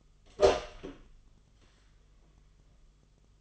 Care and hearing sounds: daily activity, microphone in the room; open door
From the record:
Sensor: 4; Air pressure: 1005.8 hPa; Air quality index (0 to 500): 90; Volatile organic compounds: 2 ppm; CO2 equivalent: 1116 ppm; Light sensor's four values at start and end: 13/30/12/11 and 13/29/11/11

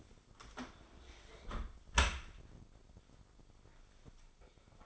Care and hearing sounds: daily activity, microphone in the room; close dishwasher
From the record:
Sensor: 5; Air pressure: 995.9 hPa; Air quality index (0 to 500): 103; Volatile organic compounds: 7 ppm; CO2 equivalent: 1998 ppm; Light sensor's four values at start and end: 43/102/42/45 and 42/99/41/44

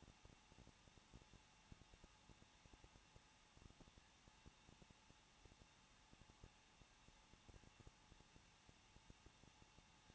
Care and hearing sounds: daily activity, microphone in the room; no activity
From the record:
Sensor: 1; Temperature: 20.1 degrees Celsius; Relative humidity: 39.1%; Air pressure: 1006.4 hPa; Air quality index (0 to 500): 216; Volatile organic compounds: 74 ppm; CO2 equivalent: 3552 ppm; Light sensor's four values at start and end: 1/2/1/1 and 1/2/1/1

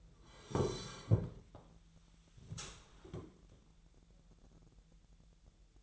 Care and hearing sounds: daily activity, microphone in the room; sit down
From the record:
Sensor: 3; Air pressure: 1001.5 hPa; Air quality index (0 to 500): 248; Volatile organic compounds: 141 ppm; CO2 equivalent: 3981 ppm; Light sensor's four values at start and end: 12/28/12/12 and 11/26/11/11

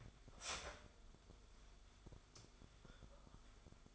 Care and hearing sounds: daily activity, microphone in the room; start toaster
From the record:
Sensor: 5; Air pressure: 1014.8 hPa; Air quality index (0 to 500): 206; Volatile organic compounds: 9 ppm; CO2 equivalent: 2192 ppm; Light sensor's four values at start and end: 14/32/12/11 and 14/32/13/11

